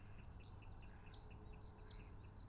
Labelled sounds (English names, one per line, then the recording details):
Mallard
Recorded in Germany
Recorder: ecoPi